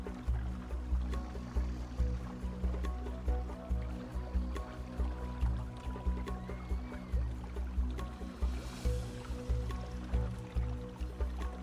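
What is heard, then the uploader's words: Far-off music thuds along with a steady, regular low beat and faint sustained tones, heard over a continuous rushing, gurgling river. Around the ninth second a brief hiss of splashing water rises above the rest before settling back. Distant music w/ river sounds.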